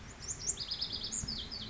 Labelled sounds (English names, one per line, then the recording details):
Lazuli Bunting
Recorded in Sonoma County, California